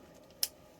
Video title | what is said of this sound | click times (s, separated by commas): Lumos Ultra E-Bike Smart Helmet - NTA 8776 Certified - Front & Rear LED Lights | and it snapped in place let's go ahead and turn this back on | 0.4 s